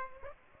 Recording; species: mosquito wingbeat signal from an infrared sensor; Aedes aegypti